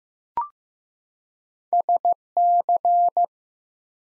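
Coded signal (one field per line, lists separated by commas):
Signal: Morse code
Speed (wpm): 15 wpm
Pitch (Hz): 700 Hz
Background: none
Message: SC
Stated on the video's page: Morse code head-copy drill of ARRL section abbreviations used in Field Day contest exchanges, sent at 15 wpm, each sent twice.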